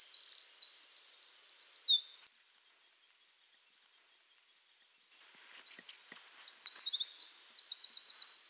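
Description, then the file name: Eurasian wren singing high, fast trills and piercing notes for two seconds, then a silent gap of about three seconds before another rapid, rattling burst of song. "Troglodytes troglodytes"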